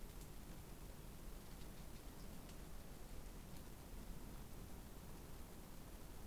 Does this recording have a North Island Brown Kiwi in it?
no